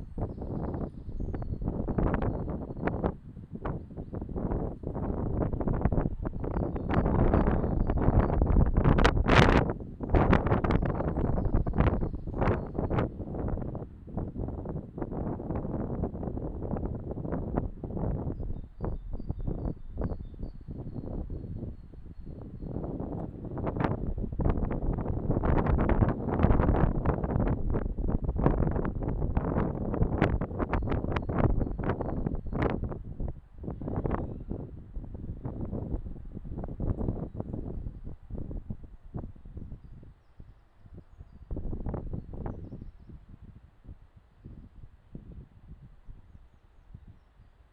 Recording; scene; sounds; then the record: everyday scene through a hearing-aid microphone; wind on the microphone; squally wind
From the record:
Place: parking lot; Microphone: in the ear canal, left